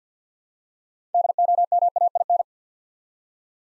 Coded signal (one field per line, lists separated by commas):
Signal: Morse code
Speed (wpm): 48 wpm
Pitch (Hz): 700 Hz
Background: none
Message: DOMAIN